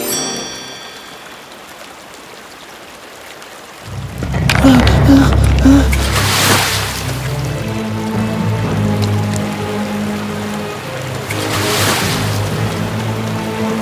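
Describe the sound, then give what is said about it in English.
A soft hiss gives way to a loud, rumbling rush of river water that churns steadily, swelling into two brighter surging bursts along the way, as Pocahontas and John Smith are driven downstream deep into the forest. “Pocahontas and John Smith were driven downstream deep into the forest.”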